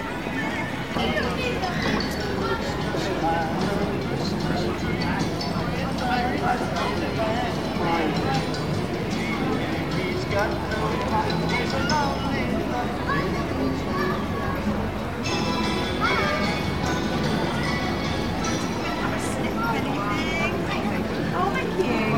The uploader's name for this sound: Plymouth Christmas Market